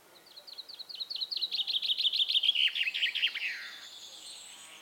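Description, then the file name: Common chaffinch song: a quick run of repeated high chirps dropping in pitch, ending in a brief flourish, over quiet background. "Fringilla coelebs"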